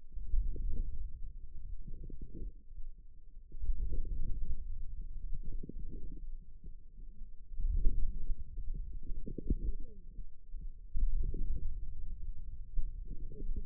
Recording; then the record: forearm muscle sounds (acoustic myography)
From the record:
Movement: wrist flexion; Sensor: system 2, bracelet of six BSWA MPA416 microphones around the upper forearm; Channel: 4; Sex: female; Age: 21 years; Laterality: right